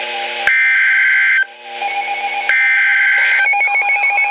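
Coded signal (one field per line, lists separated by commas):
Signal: Emergency Alert System (SAME) tones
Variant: header bursts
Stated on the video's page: Flash flood warning from NOAA weather radio KEC60 Milwaukee.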